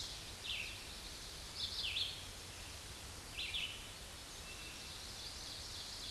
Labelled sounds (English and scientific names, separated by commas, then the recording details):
Red-eyed Vireo (Vireo olivaceus) song
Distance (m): 15 m
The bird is about 10 m above the microphone
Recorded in a Pennsylvania forest on 16 May 2024 at 07:48
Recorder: AudioMoth, point MSD-2287
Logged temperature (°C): 11.2 °C
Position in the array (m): 149 m, 29 m